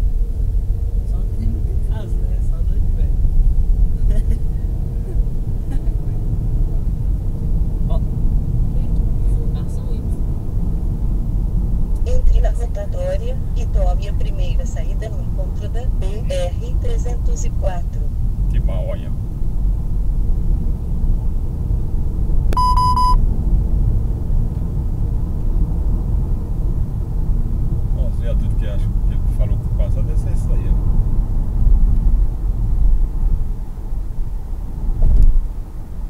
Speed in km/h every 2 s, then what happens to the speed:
32, 40, 49, 59, 65, 67, 68, 68, 66, 63, 65, 69, 76, 77, 76, 76, 76, 74.
0-8 speeds up to 65. 8-19 steady at about 66. 19-26 speeds up to 77. 26-36 steady at about 76.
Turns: none.